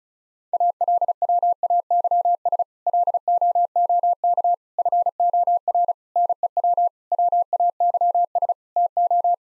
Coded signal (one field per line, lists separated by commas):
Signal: Morse code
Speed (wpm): 36 wpm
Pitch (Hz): 700 Hz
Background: none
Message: ALWAYS LOOK FOR NEW WAYS TO